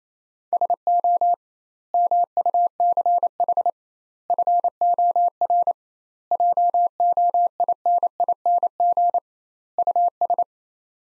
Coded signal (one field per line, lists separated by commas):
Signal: Morse code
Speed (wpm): 28 wpm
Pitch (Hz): 700 Hz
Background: none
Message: SO MUCH FOR JOINING US